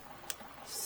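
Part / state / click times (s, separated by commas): torque wrench on engine bolt / torque reached / 0.3 s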